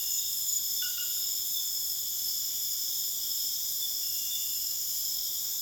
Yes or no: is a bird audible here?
no